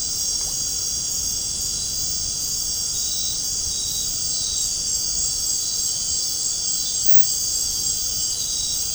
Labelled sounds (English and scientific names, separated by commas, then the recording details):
none
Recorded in dense forest near Puerto Asís, Putumayo, Colombia, on 13 March 2025 at 20:30
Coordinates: 0.467, -76.328
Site G041